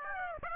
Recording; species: mosquito wingbeat signal from an infrared sensor; Aedes aegypti